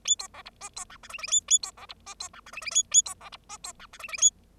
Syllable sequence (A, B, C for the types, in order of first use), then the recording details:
A B C D E B F G H H A A B C D E B F G H H A A B C D E B F G H H A. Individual Bird0